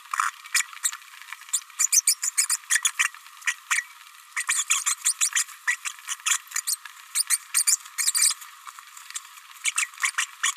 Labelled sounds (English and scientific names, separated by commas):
Green-rumped Parrotlet (Forpus passerinus) babbling